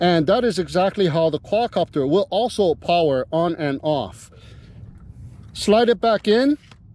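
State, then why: Not seated. Someone talks while the flight battery of a Holystone HS720G 2-axis gimbal EIS GPS quadcopter is handled to be slid back into the drone's plastic battery bay. A quieter stretch of faint low noise runs from about 4.2 to 5.6 seconds before the talking resumes. Nothing has seated or clicked yet; the battery is not yet home when the clip ends.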